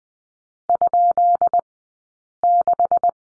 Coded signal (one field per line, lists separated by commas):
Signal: Morse code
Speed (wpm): 20 wpm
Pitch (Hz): 700 Hz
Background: none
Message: ?6